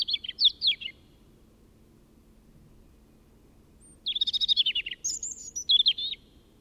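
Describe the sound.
European robin song: a short warbled phrase, a pause, then a longer run of quick tumbling notes and a thin high whistle, over faint low hum.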